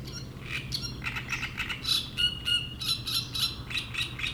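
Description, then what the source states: Great reed warbler singing a grating, chattering run of harsh notes, quick rasping syllables repeated several times a second with a few clear whistled notes mixed in. Reed bed at Chatillon beach, Chindrieux, France; shrill song of a migrant from Africa that can sing day and night.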